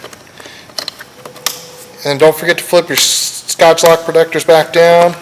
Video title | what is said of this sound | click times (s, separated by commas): Jeep Wrangler Jetchip Install | we're gonna go ahead and click some of these connectors here that nice good click | 0.8 s, 1.5 s